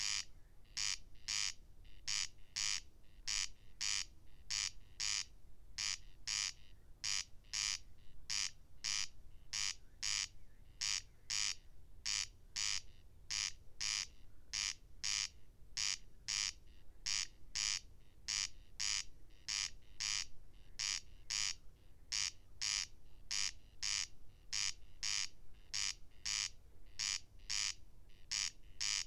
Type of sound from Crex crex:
song